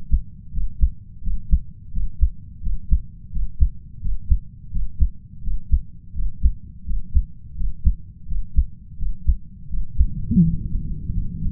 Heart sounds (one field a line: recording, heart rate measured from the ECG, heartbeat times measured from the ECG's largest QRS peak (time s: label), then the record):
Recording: heart sounds by stethoscope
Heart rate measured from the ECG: 85 bpm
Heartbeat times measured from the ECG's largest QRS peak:
0.52 s: heartbeat
1.22 s: heartbeat
1.91 s: heartbeat
2.61 s: heartbeat
3.31 s: heartbeat
4.00 s: heartbeat
4.70 s: heartbeat
5.42 s: heartbeat
6.13 s: heartbeat
6.84 s: heartbeat
7.55 s: heartbeat
8.26 s: heartbeat
8.97 s: heartbeat
9.68 s: heartbeat
10.40 s: heartbeat
11.12 s: heartbeat
From the record:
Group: healthy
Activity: breath hold 0-9 s, rest 9-12 s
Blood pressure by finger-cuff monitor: 109/76 mmHg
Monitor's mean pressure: 85 mmHg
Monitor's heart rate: 86 bpm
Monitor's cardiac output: 6.7 L/min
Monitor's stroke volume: 78 mL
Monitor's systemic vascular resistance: 940 dyn s/cm5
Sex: male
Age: 33 years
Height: 179 cm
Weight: 80.4 kg